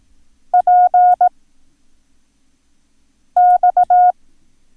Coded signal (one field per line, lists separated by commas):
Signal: Morse code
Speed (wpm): 18 wpm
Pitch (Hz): 720 Hz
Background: none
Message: PX